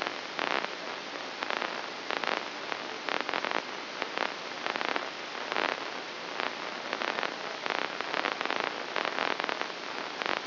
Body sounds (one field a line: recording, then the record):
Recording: brain microelectrode recording played as sound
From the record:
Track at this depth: inside the subthalamic nucleus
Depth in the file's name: 6.705 mm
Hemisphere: left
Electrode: 2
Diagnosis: Parkinson's disease